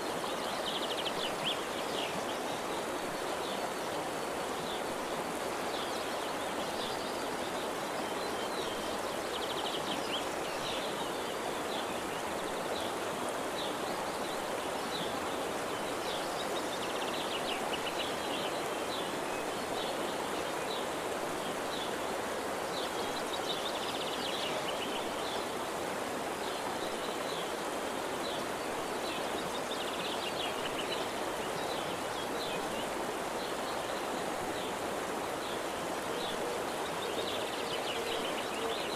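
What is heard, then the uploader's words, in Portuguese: A nature scene, filled with a dense, steady hiss like rain or rushing water that stays even for the whole recording. Above it, faint high chirping, likely insects or birds, comes and goes in patches around the 3–4 second marks and later. Sons da Natureza para Relaxar e Meditar!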